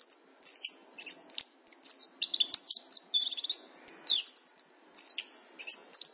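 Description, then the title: Chestnut-capped thrush song, a fast run of high, sharp whistled notes and chirps, varied phrases pouring out with only brief pauses. "anis kembang"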